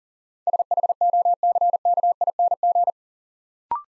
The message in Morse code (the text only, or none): SHOCKING